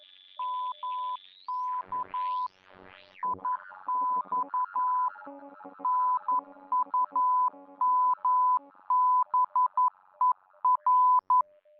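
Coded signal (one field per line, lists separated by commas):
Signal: Morse code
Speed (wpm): 11 wpm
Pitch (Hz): 1000 Hz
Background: none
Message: MK IX NUMBER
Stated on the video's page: Graded Morse training, 10 to 12wpm, for subconscious learning, with simulated interference, local oscillator drift and signal strength variation.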